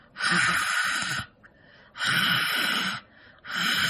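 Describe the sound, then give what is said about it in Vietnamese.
A voice imitates the strange, raspy huffing breaths of a silent caller on the phone late at night: three long, hoarse exhalations with short pauses between them, harsh and breathy, with no speech. “Mà thở cái kiểu rất là kỳ, thở cái kiểu hà hơi á các bạn, dạng vậy nè.”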